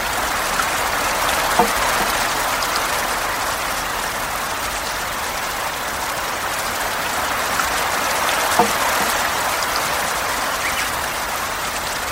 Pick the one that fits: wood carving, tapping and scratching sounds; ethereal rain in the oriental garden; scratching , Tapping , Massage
ethereal rain in the oriental garden